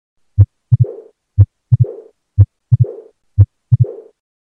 Blood passes back from the pulmonary artery into the right ventricle. Overall, it is rare, and usually associated with pulmonary hypertension. When this is the case, it is called the Graham-Steele murmur. This murmur is an early diastolic murmur best heard at the pulmonic area and is described as having a high-pitched decrescendo character.